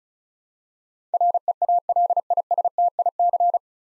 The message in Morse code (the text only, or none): REALISTIC